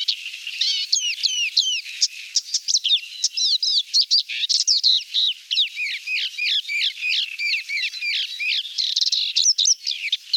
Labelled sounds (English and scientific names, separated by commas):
Paddyfield Warbler (Acrocephalus agricola) song